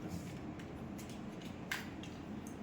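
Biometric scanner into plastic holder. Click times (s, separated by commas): 1.7 s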